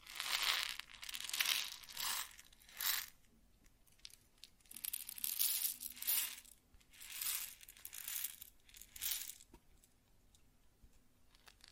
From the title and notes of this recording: ASMR Grain Sounds (No Talking).